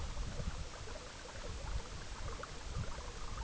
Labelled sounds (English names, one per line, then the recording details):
none
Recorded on Arctic tundra, site EABA-MC, on 19 June 2019
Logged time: 22:00